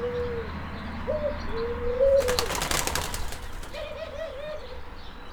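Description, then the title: Turtle dove cooing: smooth low coos, then a brief burst of noise, then a rolling, wavering purr of linked notes near the end. Some turtle doves recorded. "Tórtola"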